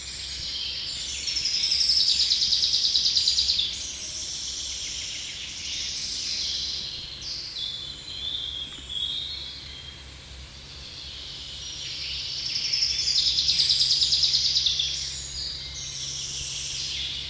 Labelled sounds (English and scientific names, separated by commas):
Common Chaffinch (Fringilla coelebs) song